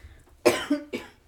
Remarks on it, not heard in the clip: Coughing into my unicorn, don't mind me. So it muffles the cough as well.